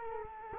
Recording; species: mosquito wingbeat signal from an infrared sensor; Culex quinquefasciatus